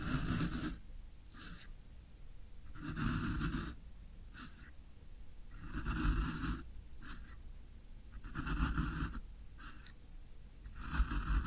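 Floral foam being worked in repeated rough strokes, each a hissy, crumbly scrape with a dull low thump underneath. Longer strokes alternate with short ones, roughly every second and a half, with quieter gaps between them across the whole clip.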